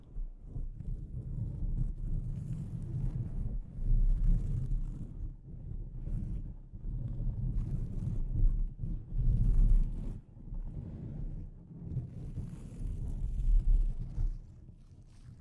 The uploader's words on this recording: ASMR Delicate Mic Scratching and Tapping Triggers for Instant Sleep (No Talking).